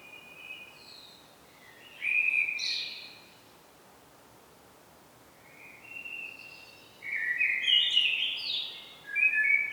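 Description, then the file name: Common blackbird song: several warbled phrases, the louder ones sliding into higher, scratchy twittering, with quiet gaps between. "Turdus merula"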